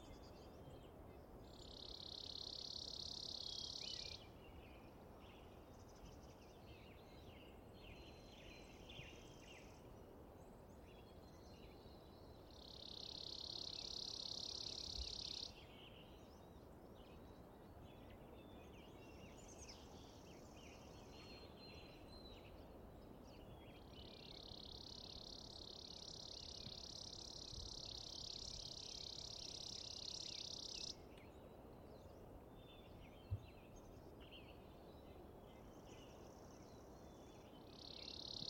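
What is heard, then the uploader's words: Outdoors in a wildlife area, a high buzzing trill repeats in bursts every ten seconds or so over a low, steady rumble with scattered faint chirps. Coffin Reserve, dawning. Just outside the fence of the Coffin Game Reserve in the Colockum Wildlife Area of Washington state. An elk herd sleeps nearby.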